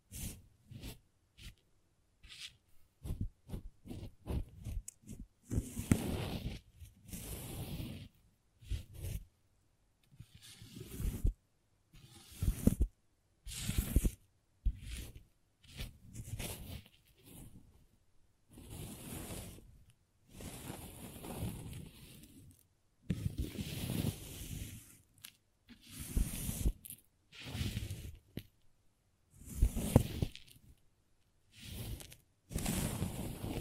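Crayons tap quickly in a rapid run of sharp, dry ticks for the first five seconds. After that come rough scratching and scraping strokes, each a second or two long, broken by short silences and repeating unevenly until the end.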